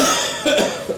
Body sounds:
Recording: coughing mixed with background sound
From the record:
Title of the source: Residual Phlegmy Morning Coughing and Gagging

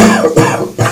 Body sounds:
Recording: coughing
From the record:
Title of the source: Cough Around the Clock!

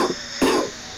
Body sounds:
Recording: coughing mixed with background sound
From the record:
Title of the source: Coughing 77

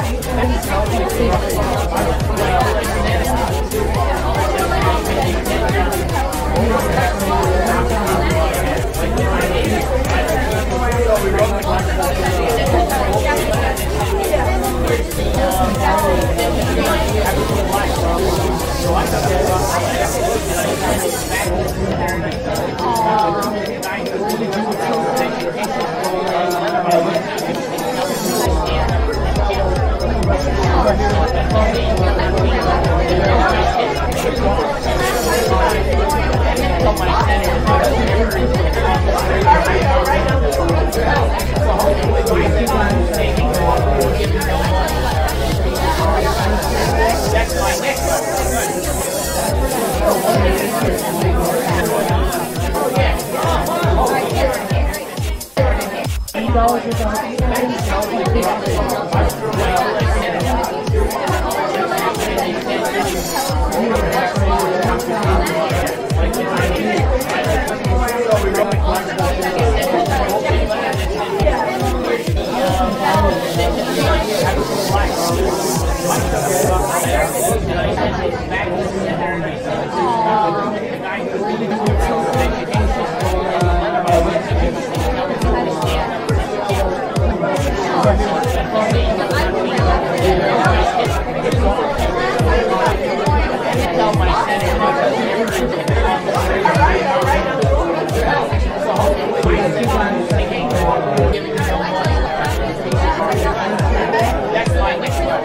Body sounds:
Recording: background sound without coughing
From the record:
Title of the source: Nightlife Party Simulating Party Club Noise 1 Hour

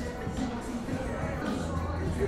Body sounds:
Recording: background sound without coughing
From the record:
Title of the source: 60 minutes of coffee shop sounds for study and concentration

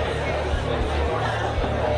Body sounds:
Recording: background sound without coughing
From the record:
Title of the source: CITY SOUNDS Busy Bar in the Evening Night - 2 HOURS of Ambiance for Relaxation

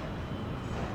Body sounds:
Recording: background sound without coughing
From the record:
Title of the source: 30 MINUTES Construction Site Ambience (CC BY 4.0)

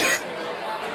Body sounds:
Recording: coughing mixed with background sound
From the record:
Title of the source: 30 Chesty and wet cough

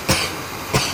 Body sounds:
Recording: coughing mixed with background sound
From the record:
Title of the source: Dry Afternoon Cough

